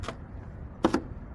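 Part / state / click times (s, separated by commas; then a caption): rear window louver onto car body / seated / 0.8 s. A plastic rear window louver, held on with two-sided tape, is pressed onto the car body. There is a faint tap near 0.1 s, then a sharp click at 0.9 s followed by a second quick snap just after. The louver is seated in place.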